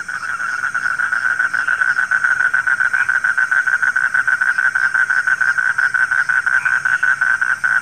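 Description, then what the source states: Frog chorus of rapid, evenly pulsed croaks at mid pitch, dense and sustained, with a soft high hum. Frogs calling at night.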